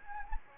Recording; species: mosquito wingbeat signal from an infrared sensor; Anopheles gambiae